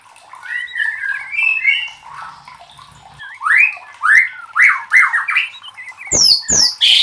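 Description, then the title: White-rumped shama song of varied slurred whistles, some rising sharply, with squawky notes and a harsh double burst near the end. Used to train cage birds (masteran). "MASTERAN MURAI BATU LABAIK"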